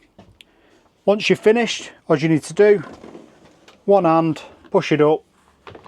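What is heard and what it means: Someone talks over a quiet room while the drop-down bed in the ceiling of a 2025 Hymer B Class Masterline I880 motorhome is about to be pushed up with one hand, after its release mechanism has been twisted. A few faint ticks sound near the start and at the very end. Nothing has seated or clicked into place yet.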